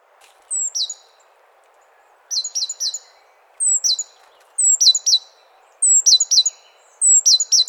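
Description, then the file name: Great tit repeating bursts of two or three high, thin notes, about one burst every second or so. "Parus major"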